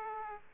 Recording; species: mosquito wingbeat signal from an infrared sensor; Aedes aegypti